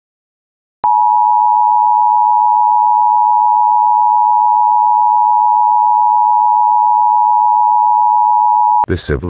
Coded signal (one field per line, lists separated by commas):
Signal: Emergency Alert System (SAME) tones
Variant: 853 and 960 Hz attention tone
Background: speech